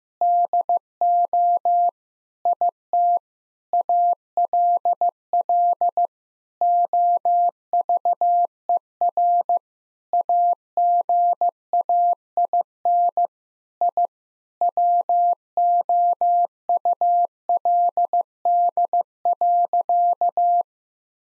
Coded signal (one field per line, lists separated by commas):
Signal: Morse code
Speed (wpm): 15 wpm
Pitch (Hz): 700 Hz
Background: none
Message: DO IT ALL OVER AGAIN I WOULD.